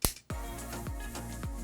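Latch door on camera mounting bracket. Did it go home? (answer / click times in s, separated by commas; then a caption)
yes / 0.1 s. The plastic latch door on the Insta360 ONE R action camera's mounting bracket is closed and gives a single sharp snap at 0.1 s as it locks shut. Brief silence follows, then a steady tonal, music-like background starts at 0.3 s with falling swoops near 0.3, 0.9 and 1.4 s. The door is latched and seated.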